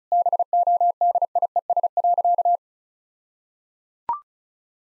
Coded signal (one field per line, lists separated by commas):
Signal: Morse code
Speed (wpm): 34 wpm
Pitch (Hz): 700 Hz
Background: none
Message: BODIES.